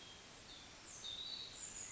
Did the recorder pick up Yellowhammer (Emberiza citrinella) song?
no